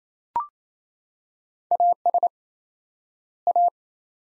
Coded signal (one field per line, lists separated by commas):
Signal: Morse code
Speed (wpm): 28 wpm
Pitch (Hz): 700 Hz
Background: none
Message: AS A